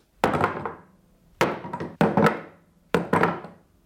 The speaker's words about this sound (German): Hör ich die Kanonen bald auf den Boden poltern.